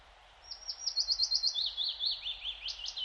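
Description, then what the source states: Willow Warbler singing a phrase of quick slurred whistles, beginning high, drifting downward in pitch, then rising again at the end, over roughly two and a half seconds. Nests in typical pine forest like this; also in dense energy poplar plantations, where it is practically the only bird, and in drying bogs being colonised by birch.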